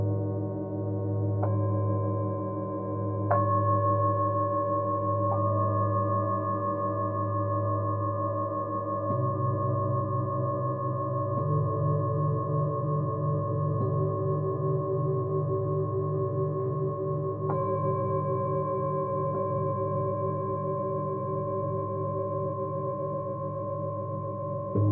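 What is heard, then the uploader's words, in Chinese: Singing bowls ring in long, overlapping tones that sustain for the whole clip. New strikes enter around 1, 3, 5, 9, 11, 14 and 17 seconds, each adding a fresh pitch over a steady low hum. The loudness stays even, with no silences. 舒缓头脑不适频率432Hz丨颂钵。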